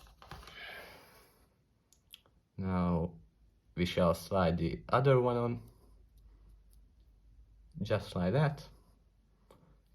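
A second watch band is slid into the band slot of an Apple Watch Series 7 Nike Midnight Black case (41 mm, GPS) while someone talks, with a few faint sharp taps near the start. The band does not lock because it was put on the wrong side, and nothing has clicked into place yet.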